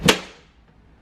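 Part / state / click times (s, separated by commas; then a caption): door window glass into window regulator clip / seated / 0.1 s. On a 2009–2020 Dodge Journey, the door window glass is pushed down into the white plastic clip on the window regulator inside the door. A single sharp snap is heard at 0.1 s and then fades quickly. The glass is seated in the clip and does not come out when pulled.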